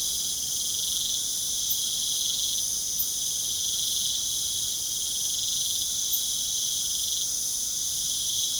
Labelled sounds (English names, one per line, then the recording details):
none
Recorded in pastures near Puerto Asís, Putumayo, Colombia, on 25 June 2025 at 21:30
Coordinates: 0.497, -76.327
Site G040